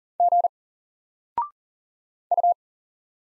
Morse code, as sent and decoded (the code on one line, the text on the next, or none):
--. / ..-
G U